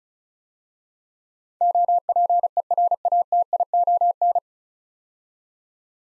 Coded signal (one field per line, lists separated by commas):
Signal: Morse code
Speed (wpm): 36 wpm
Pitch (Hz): 700 Hz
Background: none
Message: OPERATION